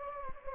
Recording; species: mosquito wingbeat signal from an infrared sensor; Anopheles gambiae